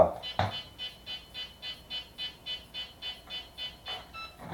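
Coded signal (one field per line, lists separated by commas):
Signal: none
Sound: remote control beeps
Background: speech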